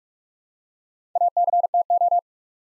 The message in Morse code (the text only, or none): ACTO